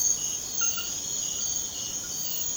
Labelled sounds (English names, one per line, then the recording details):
none
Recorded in secondary vegetation near Puerto Asís, Putumayo, Colombia, on 30 June 2025 at 22:30
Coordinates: 0.500, -76.326
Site GP08